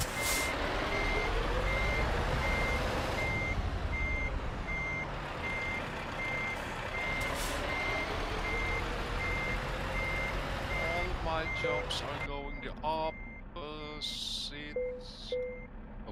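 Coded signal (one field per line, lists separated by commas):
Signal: none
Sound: truck reversing beeps in game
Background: speech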